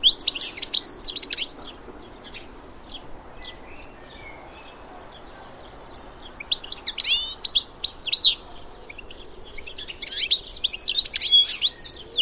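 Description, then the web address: Bird chirps come in scattered clusters of bright, high, sweeping notes, with a long near-silent pause in the middle before busier chirping resumes. "Deverinetal. Bird Only"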